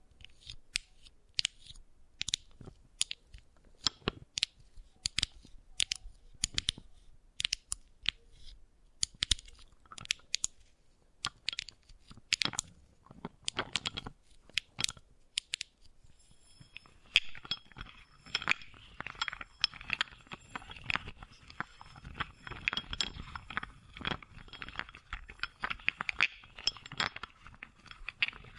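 Wooden balls clack in sharp, irregular taps for about sixteen seconds, then give way to a denser, steadier rolling clatter with bright rattling.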